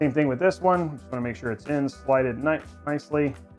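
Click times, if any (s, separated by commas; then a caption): none. A DDR4 memory module is lined up with the key on a motherboard DIMM slot and handled, but it has not seated and no retention clip has clicked yet. Someone talks throughout over loud background music.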